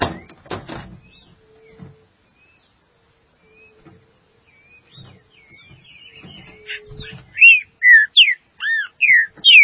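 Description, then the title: Green-winged saltator song: a closing run of several loud, clear whistles, arched and sliding, after soft chatter, clicks and faint background whistling. "Trinca Ferro"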